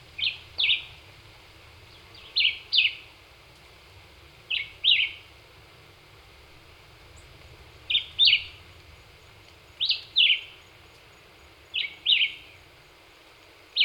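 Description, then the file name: Black-whiskered vireo repeating crisp two-note phrases of sharp slurred chirps every two to three seconds over a quiet background. Recorded 26 April 2019. "2019-04-26 Black-whiskered Vireo"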